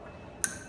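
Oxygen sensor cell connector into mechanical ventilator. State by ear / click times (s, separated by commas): seated / 0.4 s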